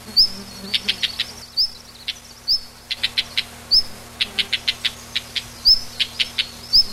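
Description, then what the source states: Common redstart calling, a high upslurred whistle followed by bursts of three or four dry ticking notes, repeated throughout. Recorded on 23 June 1991.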